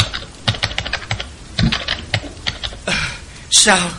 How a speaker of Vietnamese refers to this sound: Những ngón tay của Tư Dao cứng đờ vì sợ hãi, gõ trên bàn phím.